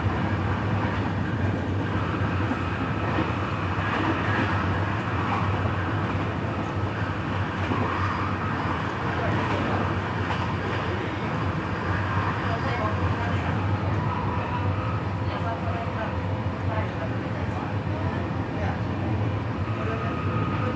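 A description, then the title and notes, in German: An evening train ride rattles along with a steady, dense low rumble that barely changes in level for the whole stretch. Faint clicks and knocks from the carriage recur irregularly over the drone, and a murmur of voices may sit underneath. Abendliche Zugfahrt, ratternde Gleise. Rattern einer abendlichen Zugfahrt, kaum Menschen und viel Stille im Abteil.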